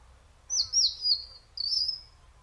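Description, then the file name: European robin singing two thin, high, drawn-out whistled notes, the first wavering and the second steadier, with near silence around them. "Erithacus rubecula"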